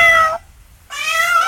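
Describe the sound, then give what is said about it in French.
A woman imitates a cat, giving two drawn-out, high-pitched meows separated by a short pause, both loud and tonal with bright harmonics and no other talk. “Oh, putain, maintenant elle fait le chat.”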